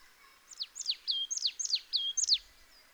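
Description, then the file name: Marsh tit giving a rapid series of crisp high notes that drop steeply in pitch, with a couple of flat whistled tones between them. "Poecile palustris"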